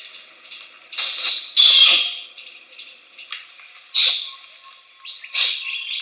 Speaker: It's an orangutan. Only this time, it's the orangutan's kiss-squeak sound.